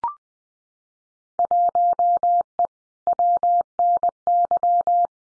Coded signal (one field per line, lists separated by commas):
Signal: Morse code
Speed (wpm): 20 wpm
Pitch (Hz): 700 Hz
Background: none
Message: 1E WNY